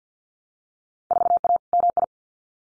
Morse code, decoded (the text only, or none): 4A MI